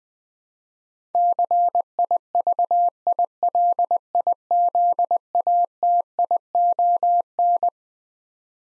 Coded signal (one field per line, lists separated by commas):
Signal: Morse code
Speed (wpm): 21 wpm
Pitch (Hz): 700 Hz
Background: none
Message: CIVILIZATION